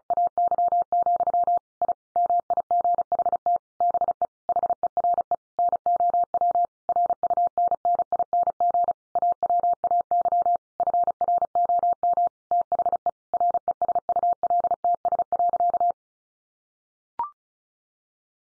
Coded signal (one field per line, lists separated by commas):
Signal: Morse code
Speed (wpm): 34 wpm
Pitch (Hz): 700 Hz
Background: none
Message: AY, I MIGHT BE HERE NOW RUNNING AWAY FROM THE RESULTS.